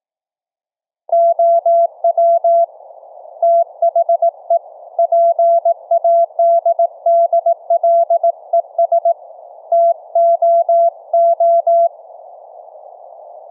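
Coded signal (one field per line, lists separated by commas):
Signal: Morse code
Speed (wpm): 18 wpm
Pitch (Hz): 680 Hz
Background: none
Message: OW THE PADDLES TOO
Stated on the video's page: CW audio tones sent by Linux software over FRS two-way radios via the mic jack, with an audio-derived PTT keying circuit for hands-free transmit.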